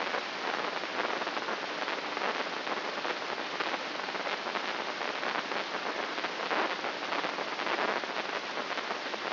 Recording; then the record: brain microelectrode recording played as sound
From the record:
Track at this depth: inside the subthalamic nucleus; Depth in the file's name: 5.829 mm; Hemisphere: left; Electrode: 3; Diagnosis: Parkinson's disease